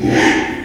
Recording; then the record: squeal of a Yucatan mini pig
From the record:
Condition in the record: after surgery on the right vocal fold (resection and tissue-engineered implant); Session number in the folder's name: 4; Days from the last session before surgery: 42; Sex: male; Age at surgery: 12 weeks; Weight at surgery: 13 kg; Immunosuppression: cyclosporine, prednisolone